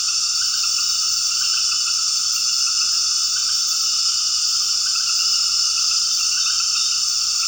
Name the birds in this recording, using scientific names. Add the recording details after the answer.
none. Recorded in dense forest near Puerto Asís, Putumayo, Colombia, on 18 February 2024 at 19:00. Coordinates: 0.481, -76.318. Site G6421